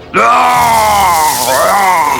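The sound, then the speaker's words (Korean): A lion's roar in the middle of a forest: one loud, sustained, rough-edged bellow of about two seconds. Its pitch sags and then lifts again partway through, with no talking over it. “사자의 울음소리는 정말 커서 주변에 있던 나뭇잎들이 우수수 떨어질 정도였어요.”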